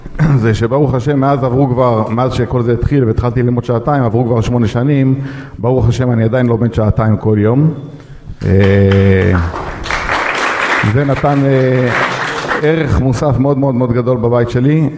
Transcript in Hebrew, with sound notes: זה שברוך השם מאז עברו כבר מאז שכל זה התחיל והתחלתי ללמוד שעתיים עברו כבר שמונה שנים ברוך השם אני עדיין לא מת שעתיים כל יום אה [מחיאות כפיים] זה נתן אה ערך מוסף מאוד מאוד מאוד גדול בבית שלי אה